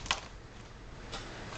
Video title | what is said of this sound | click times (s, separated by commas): Small lightweight battery powerd vacuum review | so put it in there locks in place and then you're ready to go for about 30 to | 0.1 s